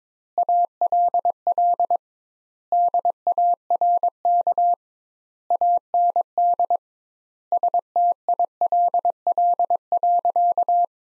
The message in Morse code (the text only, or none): ALL DARK AND STILL.